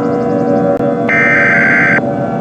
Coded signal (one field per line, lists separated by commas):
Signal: Emergency Alert System (SAME) tones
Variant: header bursts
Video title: Eas Scenario: Px-12 Virus (Part 3/The Finale)